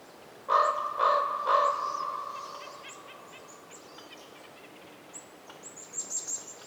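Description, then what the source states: Common Raven giving three loud hoarse croaks about half a second apart, each trailing off in a long echo, followed by faint high chirps of small birds over a soft wind hiss. Daytime in a winter forest, North Laurentian Woods, Canada; calls reverberating, with other birds chirping and some wind.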